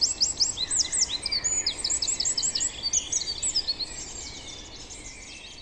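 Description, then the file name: Eurasian wren singing a rapid, high-pitched series of sharp trills and chattering notes for nearly four seconds, then fading into a steady background hiss. "Troglodytes troglodytes"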